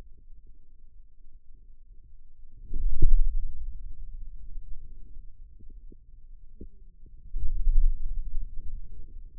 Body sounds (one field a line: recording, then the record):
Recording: forearm muscle sounds (acoustic myography)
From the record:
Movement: pen grasping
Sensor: system 2, bracelet of six BSWA MPA416 microphones around the upper forearm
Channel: 6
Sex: male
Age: 22 years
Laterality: right